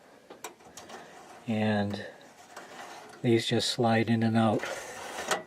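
A drive tray is handled at the hot-swap drive bay of a Phantom 630 PC case, with brief sharp knocks near 0.5, 0.8 and 2.6 seconds while someone talks. Nothing has seated or clicked into place yet.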